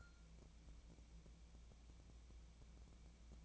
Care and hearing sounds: daily activity, microphone in the room; take from stove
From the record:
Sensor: 1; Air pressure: 1000.0 hPa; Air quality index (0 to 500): 133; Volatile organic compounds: 2 ppm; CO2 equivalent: 1261 ppm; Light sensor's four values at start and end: 43/107/45/57 and 43/108/46/57

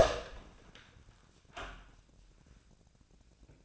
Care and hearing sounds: daily activity, microphone in the room; open door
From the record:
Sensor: 2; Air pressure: 1009.1 hPa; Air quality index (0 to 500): 171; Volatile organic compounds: 2 ppm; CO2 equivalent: 1250 ppm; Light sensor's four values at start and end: 34/90/38/41 and 35/90/39/41

